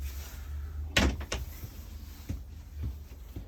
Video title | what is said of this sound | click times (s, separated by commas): 2021 Buccaneer Barracuda Handover | open and close the shower whilst traveling put it back and clip it in to that position like so you hear a snap | 1.0 s